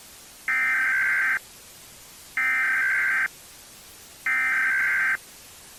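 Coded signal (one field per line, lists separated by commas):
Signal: Emergency Alert System (SAME) tones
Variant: header bursts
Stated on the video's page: Fictional EAS recreation.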